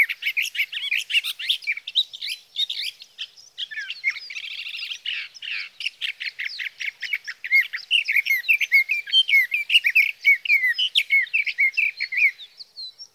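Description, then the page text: Sage thrasher in a long, rambling song of quick slurred and buzzy phrases, with a brief raspy passage in the middle. Male singing through the night from his night roost, June 12–15, 2018, Sierra Valley, California; recorded with a Swift recorder. "Birdsong for the Curious Naturalist: Explore #7. 61. Sage thrasher songs, through the night. from the evening of June 12 to the morning of June 15, 2018, in Sierra Valley, California"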